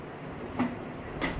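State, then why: Seated. A Huger CVE68L video colonoscope's light guide connector is aligned with the port on a Huger VIS68 video processor and pushed in, with a click at 0.6 s as it seats firmly. A second, similar transient follows near 1.2 s over a steady low background hum.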